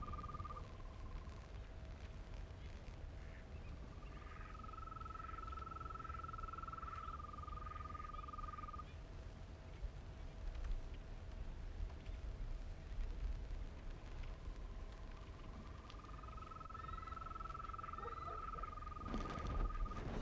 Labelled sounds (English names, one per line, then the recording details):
Green Toad call
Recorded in the wild
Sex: male
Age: adult
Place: Berlin, OT Blankenfelde, Berlin, DE
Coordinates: 52.6167, 13.3833
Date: 1960-05-29
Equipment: Reporter, Vollspur
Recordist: Günther, Rainer